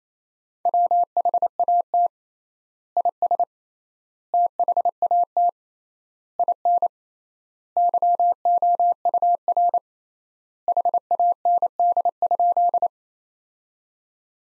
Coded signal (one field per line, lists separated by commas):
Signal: Morse code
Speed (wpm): 28 wpm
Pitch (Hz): 700 Hz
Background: none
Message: WHAT IS THAT IN YOUR HAND?